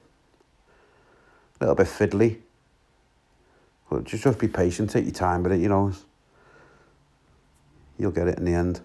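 Someone talks in short bursts while working the cab of an Aveling Dinky toy road roller into position on its diecast body, a fiddly job of lining the diecast cab up. Only faint, quiet handling sounds are heard between the speech. Nothing has seated or clicked yet.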